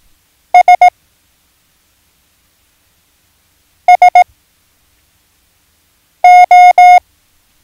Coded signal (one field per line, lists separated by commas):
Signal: Morse code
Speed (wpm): 18 wpm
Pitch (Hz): 720 Hz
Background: none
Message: S S O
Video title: Learn Morse Code - Lesson 4